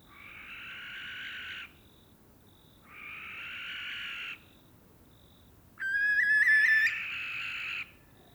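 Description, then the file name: Barn owl screeching, long harsh hissing screams, one starting as a ringing tonal shriek, with soft high pips between calls. A pair in courtship flight. "Common Barn Owl Courtship flight of pair"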